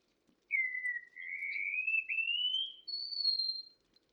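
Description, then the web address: Wallcreeper: a long, thin whistle sliding slowly upward in several linked segments over about three seconds, ending on a higher sustained note; otherwise quiet. "sound Wallcreeper. صدای-پرنده-دیوارخزک"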